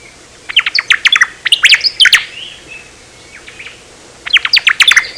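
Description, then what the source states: Omao song: two bursts of quick, bright chirping notes, high and sharply sliding, with a pause of about two seconds between phrases. Recorded in Hawaii.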